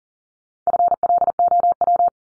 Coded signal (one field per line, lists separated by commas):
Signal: Morse code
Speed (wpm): 40 wpm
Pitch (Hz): 700 Hz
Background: none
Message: FLOW